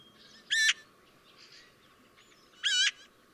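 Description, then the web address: Eurasian magpie giving two short, harsh, rasping notes about two seconds apart. "chant xeno-canto pie bavarde"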